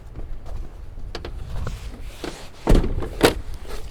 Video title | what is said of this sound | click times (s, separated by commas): 7029 Pre trip | first one we'll check will be the seat belt making sure our seat belt latches closes completely you want to hear that click | 1.2 s